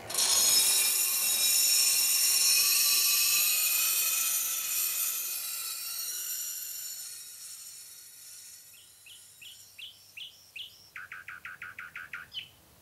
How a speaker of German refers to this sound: Die Nachtigall.